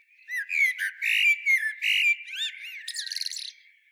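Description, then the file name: Common blackbird phrase: loud round fluted notes, then upward-swept whistles and a fast squeaky twittering flourish before it falls quiet. "Turdus merula"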